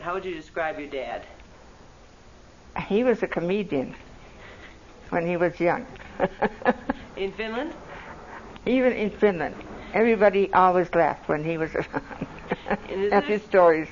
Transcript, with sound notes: How would you describe your dad?
He was a comedian when he was young (laughs)
In Finland?
Even in Finland. Everybody always laughed when he was around - (laughs) at his stories.